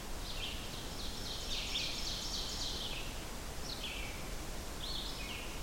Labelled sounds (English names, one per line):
Ovenbird song